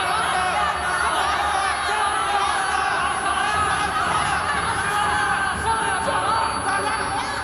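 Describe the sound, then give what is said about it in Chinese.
A large crowd of spectators at an underground boxing ring in Southeast Asia shouts and yells wildly, a dense, unbroken roar of many overlapping voices with scattered whoops, steady and loud for the whole stretch. “恍惚中他像是回到了东南亚地下拳场的拳台，观众席上无数人疯狂地呼喝着。”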